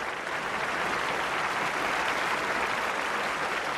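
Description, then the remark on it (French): Sustained applause from a standing audience at the world premiere of a Charlie Chaplin film at the Astor Theatre on 15 October 1940: a dense wash of many hands clapping at once, steady and loud throughout with no voices standing out. “Tous ces applaudissements”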